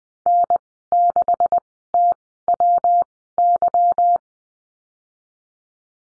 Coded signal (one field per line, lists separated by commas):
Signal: Morse code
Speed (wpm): 20 wpm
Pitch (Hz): 700 Hz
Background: none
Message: N6TWY